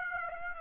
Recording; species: mosquito wingbeat signal from an infrared sensor; Aedes aegypti